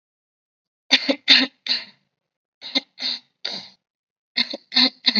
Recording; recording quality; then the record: shallow voluntary cough; moderate, slight background noise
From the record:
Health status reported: COVID-19 positive, mild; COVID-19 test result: positive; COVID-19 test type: RT-PCR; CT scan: not taken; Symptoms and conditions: cough, fever, fatigue, muscle pain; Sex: female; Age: 24 years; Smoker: no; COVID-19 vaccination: both doses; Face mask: worn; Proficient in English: yes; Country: India